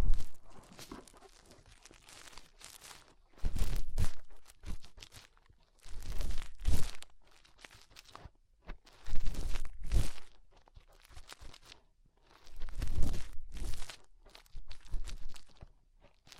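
Fingers work inside an ear, making muffled crackling, rubbing bursts that come in clusters about every two to three seconds. Each burst is a dense scratchy rustle with a low thump beneath, separated by short near-silent gaps.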